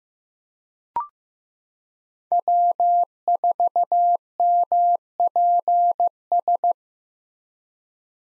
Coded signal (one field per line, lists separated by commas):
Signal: Morse code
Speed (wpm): 15 wpm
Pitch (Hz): 700 Hz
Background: none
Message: W4MPS